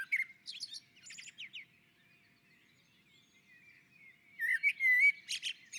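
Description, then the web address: Common blackbird song: a warbled phrase with squeaky high notes, a few seconds of near silence, then another mellow whistled phrase ending in high twitters. On the roof. "sammel Naturinspelningar Koltrast på taket"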